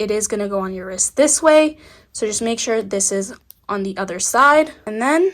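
Someone talks while lining up the longer watch band strap with the bottom band slot of a Starlight aluminum 41mm Apple Watch Series 7 case, checking it faces the right way for the wrist. Only speech is heard; the strap has not clicked into the slot yet.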